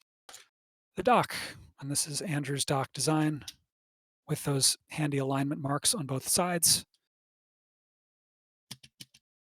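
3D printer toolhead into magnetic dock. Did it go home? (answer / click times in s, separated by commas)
yes / 8.7 s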